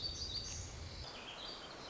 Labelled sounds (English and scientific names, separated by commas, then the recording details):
Black-throated Gray Warbler (Setophaga nigrescens)
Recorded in Sonoma County, California